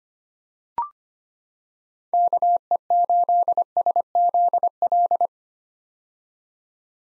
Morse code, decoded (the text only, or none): KE8SZL